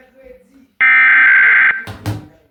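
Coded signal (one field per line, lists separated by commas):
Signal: Emergency Alert System (SAME) tones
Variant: header bursts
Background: speech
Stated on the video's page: Florida required monthly test, received over the air and via Comcast cable.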